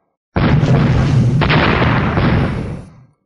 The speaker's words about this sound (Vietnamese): Một tiếng vang thật lớn, một cổ sóng khí cuồng bạo vô cùng như bài sơn đảo hải áp tới bốn phương, cuốn lấy ngọn lửa màu đen cùng nhiều loại lực lượng pháp tắc, trong nháy mắt trùng kích đánh bay mọi người chung quanh ra ngoài.